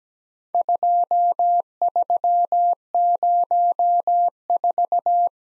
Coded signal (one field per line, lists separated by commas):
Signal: Morse code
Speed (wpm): 17 wpm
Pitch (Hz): 700 Hz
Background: none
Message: 2304